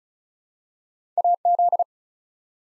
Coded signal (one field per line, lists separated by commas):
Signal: Morse code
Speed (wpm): 36 wpm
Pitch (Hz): 700 Hz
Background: none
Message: AZ